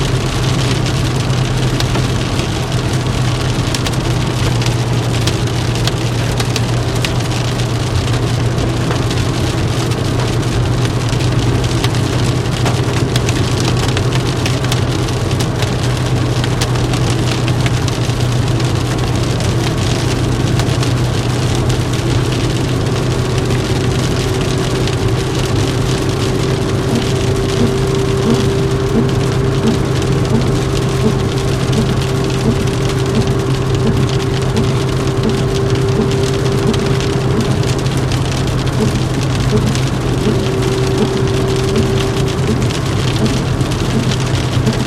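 Rain patters steadily on a car roof and windshield while the car rides along, a dense, even hiss over a constant low engine hum. A faint tone rises in the middle range around the halfway point and holds for most of the remainder.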